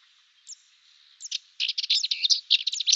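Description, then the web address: Cyprus warbler with a couple of thin high notes, then a fast, scratchy, chattering warble of dry buzzy notes. "Schulze Peter Cyprus Warbler song"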